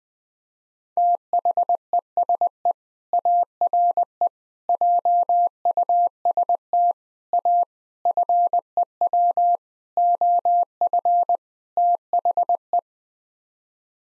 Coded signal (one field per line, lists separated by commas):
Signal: Morse code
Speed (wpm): 20 wpm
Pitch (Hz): 700 Hz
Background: none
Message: THESE ARE JUST A FEW OF THE